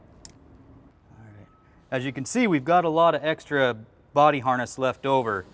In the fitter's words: we'll just push into place and you should hear a click as